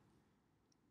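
Spring-loaded plastic claws on an older Toy Biz X-Men action figure are pushed back into its forearm; they should click and lock in place so they can be shot out later. A low, steady rustle is heard, with a brief sharp tick at 0.9 s. The claws retract but do not lock, and nothing has clicked or seated yet.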